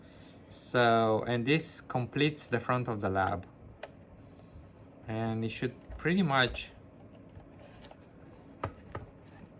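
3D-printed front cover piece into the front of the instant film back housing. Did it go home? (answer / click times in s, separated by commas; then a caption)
no / none. A detached 3D-printed plastic front cover piece is fitted by hand to the front of the plastic housing of an Impossible Polaroid Lab being converted into an instant-film back for a Mamiya RB67. Someone talks, with a few brief handling taps at about 3.8, 8.6 and 9.0 seconds. Nothing has seated or clicked yet; the clip ends before the part snaps into place.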